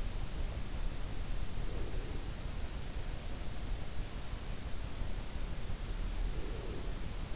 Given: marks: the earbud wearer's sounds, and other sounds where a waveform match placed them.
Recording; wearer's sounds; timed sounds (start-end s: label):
sounds in sleep by an in-ear microphone; breath
1.12-2.73 s: breath
5.94-7.36 s: breath